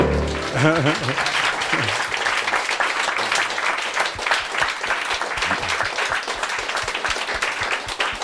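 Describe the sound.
A crowd applauds steadily with dense, sustained clapping that stays loud throughout, while a few voices cheer and call out over it at the start.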